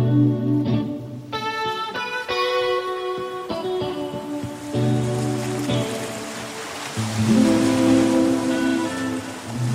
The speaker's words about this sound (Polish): Pięknie tu. Uwielbiam morze.